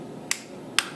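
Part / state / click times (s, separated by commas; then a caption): click-type torque wrench on a motorcycle cover bolt / torque reached / 0.3 s, 0.8 s. A click-type torque wrench set to the right torque tightens bolt number 1 on a 2004 Harley Dyna Custom motorcycle cover. Two sharp, bright clicks ring out at 0.3 s and 0.8 s over a low background hum. The clicks mean the bolt has reached its set torque.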